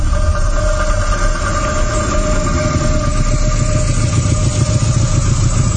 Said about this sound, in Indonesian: Sampai di rumah, aku parkirkan motor.